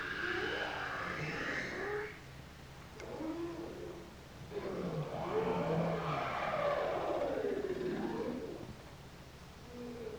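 Bowhead whale moans, several rising and falling tonal calls sweeping between low and mid pitch, with a steady low rumble underneath.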